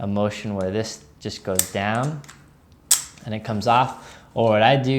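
Someone talks while sliding one half of the metal magnetic buckle on a 1.5 inch EDC gun belt downward to release it. The buckle comes apart with a sharp, loud snap at 2.9 s, and the buckle is released.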